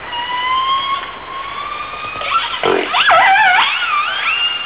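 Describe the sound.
Orca calls: long, steady tonal notes with stacked harmonics, then rapid sweeping and wavering squeals, over constant background noise.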